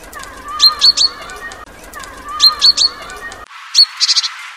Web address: wroblowe sikorowate bogatka